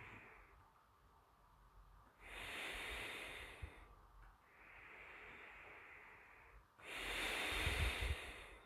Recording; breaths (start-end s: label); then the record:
nose breathing near a microphone
0.00-0.50 s: inhalation
1.96-4.10 s: exhalation
4.10-6.68 s: inhalation
6.68-8.66 s: exhalation
From the record:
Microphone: phone